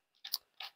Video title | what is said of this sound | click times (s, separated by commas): MrTass Review - ZyberVR - Quest 3 Multipurpose 3-in-1 Sticks | And slide that in. Snaps. | 0.3 s